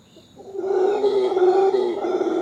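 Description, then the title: Howler monkey howl: a deep, rasping roar begins after half a second and holds loud to the end. Female at dawn on an early morning turning hot, emerging from the canopy, eating leaves and stretching after the night's sleep. "Reserva Conchal: howlers at dawn"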